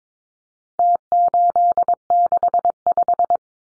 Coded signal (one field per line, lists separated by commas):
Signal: Morse code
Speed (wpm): 22 wpm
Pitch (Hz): 700 Hz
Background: none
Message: T865